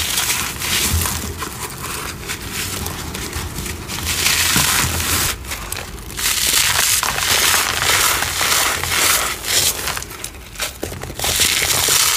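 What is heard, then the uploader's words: Cornstarch and dyed gym chalk crumble in a dense, continuous crunch of crisp, gritty crackles, with brief lulls near five and eleven seconds. Crispy, crunchy, flaky, gritty cornstarch crunchies and dyed gym chalk crumbling.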